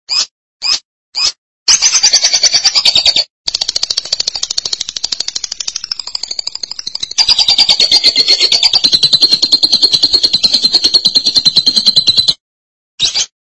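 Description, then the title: Lovebird chatter starting with three short chirps, then long stretches of fast, shrill, buzzy trilling with a quieter middle section and a final chirp. "BM Suara Burung Lovebird"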